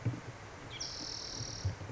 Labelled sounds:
Spotted Towhee (Pipilo maculatus)
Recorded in Sonoma County, California

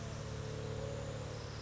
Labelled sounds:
Mourning Dove (Zenaida macroura)
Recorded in Sonoma County, California

